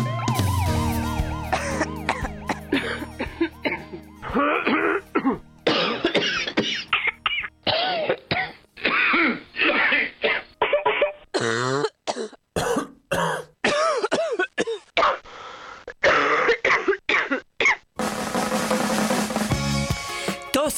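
A montage of repeated adult coughs of varying character, in short separate bursts, showing that there is more than one kind of cough.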